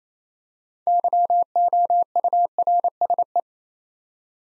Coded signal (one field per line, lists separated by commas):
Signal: Morse code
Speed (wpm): 27 wpm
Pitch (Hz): 700 Hz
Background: none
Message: YOURSE